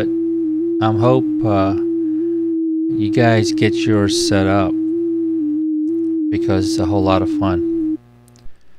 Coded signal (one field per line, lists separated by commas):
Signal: FT8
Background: speech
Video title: How to Setup FT8 for the Anan | Free Com0Com | Thetis | Log4OM2 | WSJT-X | VoiceMeeter Banana